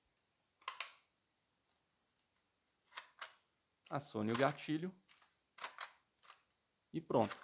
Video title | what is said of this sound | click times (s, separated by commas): Como colocar etiqueta refil na Etiquetadora Dynamic MD60 | oi e a segunda peça da parte inferior até ouvir um clique e a | 0.7 s, 0.8 s